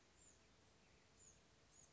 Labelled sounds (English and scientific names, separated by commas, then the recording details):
Bewick's Wren (Thryomanes bewickii)
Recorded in Sonoma County, California